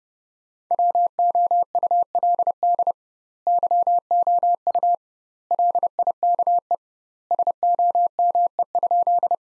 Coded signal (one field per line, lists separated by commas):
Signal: Morse code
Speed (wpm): 30 wpm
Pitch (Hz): 700 Hz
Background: none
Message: WOULD YOU LIKE SOME?